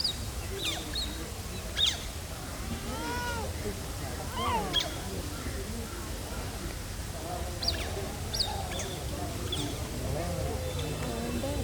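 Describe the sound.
Smooth-coated otter calls: overlapping wavering, arching squeals in a low band with occasional sharp high chirps, set against continuous low-frequency background noise.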